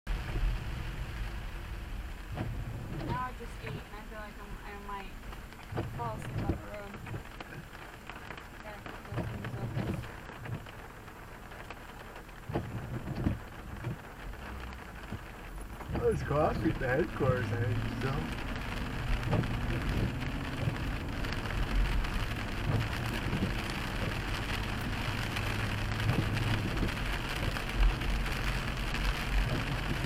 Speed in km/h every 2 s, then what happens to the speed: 15, 6, 3, 2, 0, 0, 0, 3, 15, 24, 35, 40, 45, 47, 48.
0-6 slows to 2. 6-13 standing. 13-25 pulls away to 47.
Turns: none.